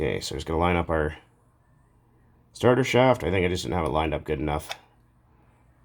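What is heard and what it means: Someone talks while lining up the pull-starter shaft with the crankshaft of a TRX 2.5R RC nitro engine fitted with new bearings and a 3.3 crankshaft upgrade, after it wasn't lined up well enough before. The speech comes in two bursts with a quiet pause between them. Nothing has seated or clicked yet.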